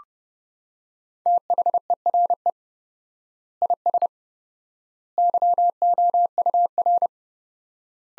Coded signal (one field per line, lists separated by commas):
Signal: Morse code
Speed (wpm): 30 wpm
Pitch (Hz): 700 Hz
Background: none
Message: THERE IS YOUR